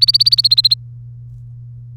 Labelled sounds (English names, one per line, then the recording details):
Domestic Canary song
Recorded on 3 May 2018 at 08:01
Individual llb3